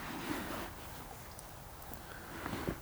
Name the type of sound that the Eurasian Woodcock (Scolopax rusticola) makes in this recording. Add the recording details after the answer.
whistle. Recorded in Baden-Württemberg, Germany, on 26 June 2021 at 20:28 UTC. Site 45499, 200 m above sea level